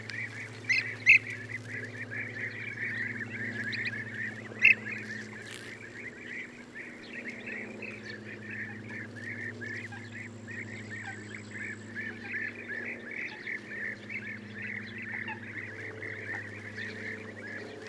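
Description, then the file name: European bee-eater calls, many soft trilled 'prruip' notes blending into a continuous chatter, over a constant low mechanical-sounding hum. "gyurgyalag"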